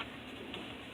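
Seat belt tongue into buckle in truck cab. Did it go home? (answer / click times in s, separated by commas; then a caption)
yes / 0.0 s, 0.5 s. During a CDL pre-trip inspection, the driver checks the truck cab seat belt, which is securely mounted, by pushing its metal tongue into the buckle. Two short ticking clicks are heard at 0.0 and 0.5 seconds over a steady background hum. The buckle latches and locks into place.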